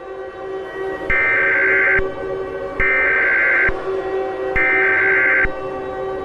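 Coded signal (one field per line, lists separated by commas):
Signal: Emergency Alert System (SAME) tones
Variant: header bursts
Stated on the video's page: Fake, simulated EAS scenario made up by the uploader.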